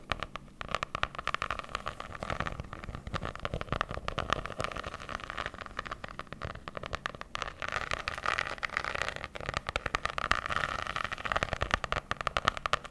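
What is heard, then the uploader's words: Tapping ASMR: a dense, continuous stream of quick, crisp taps and clicks runs through all thirteen seconds without pause. The hits come fast and slightly irregular, bright with some low thump, at a fairly even loudness with small swells toward the end. Tapping ASMR.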